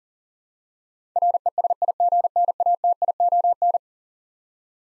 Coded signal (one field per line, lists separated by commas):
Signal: Morse code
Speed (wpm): 37 wpm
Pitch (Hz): 700 Hz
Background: none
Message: RESIGNATION